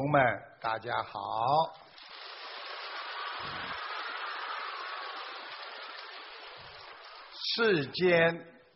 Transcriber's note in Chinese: 掌声